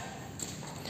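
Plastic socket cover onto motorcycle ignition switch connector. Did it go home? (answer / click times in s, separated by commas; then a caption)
yes / 0.4 s. A plastic cover on the ignition-switch wiring socket of a Vario 125 motorcycle is refitted over the copper terminals and pressed until it locks. A single sharp, short click at 0.4 s marks it seating locked.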